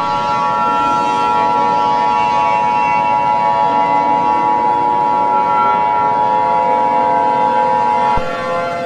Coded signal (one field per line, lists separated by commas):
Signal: Emergency Alert System (SAME) tones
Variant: 853 and 960 Hz attention tone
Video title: EAS mini scenario The Exploding Sun